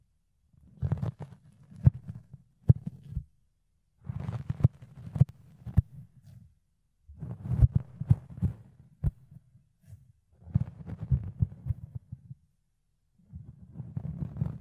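Fluffy ear cleaning, heard as bursts of soft, muffled low rubbing and brushing, each lasting one to two seconds with brief silent gaps between. Sharp little clicks and scratches snap through the rubbing several times per burst, and no other sounds are present.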